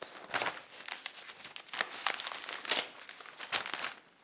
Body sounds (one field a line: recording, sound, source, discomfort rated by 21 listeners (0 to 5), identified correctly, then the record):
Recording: sound for misophonia research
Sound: flipping newspaper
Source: not oral or nasal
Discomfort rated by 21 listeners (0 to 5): mean 1.14, standard deviation 1.13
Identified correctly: in 42 of 42 trials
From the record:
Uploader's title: Newspaper Reading Foley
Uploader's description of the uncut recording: The sound of someone reading a newspaper and flipping through pages. Originally recorded as foley for a film project.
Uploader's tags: page, reading, newspaper, crinkle, paper, magazine, fold, pages, flip, turn, folding, handling, foley